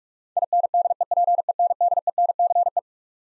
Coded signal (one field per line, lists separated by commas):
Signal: Morse code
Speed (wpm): 41 wpm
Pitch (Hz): 700 Hz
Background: none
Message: INDEPENDENCE